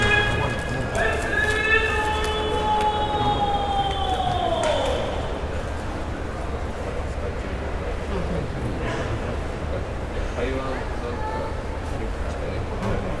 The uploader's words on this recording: Sounds of Tokyo | Tokyo, Japan.